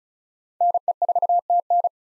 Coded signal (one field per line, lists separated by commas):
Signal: Morse code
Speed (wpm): 36 wpm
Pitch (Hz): 700 Hz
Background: none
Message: NE4TN